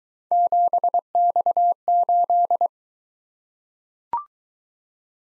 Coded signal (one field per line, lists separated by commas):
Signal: Morse code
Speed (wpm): 19 wpm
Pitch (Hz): 700 Hz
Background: none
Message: 7X8